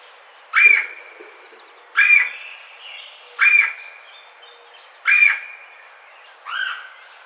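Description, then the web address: Red-bellied woodpecker calls, five rough rolling notes at a steady pace of about one every one and a half seconds. Recorded 4 May 2009. "Red-bellied Woodpecker 2009 05 04"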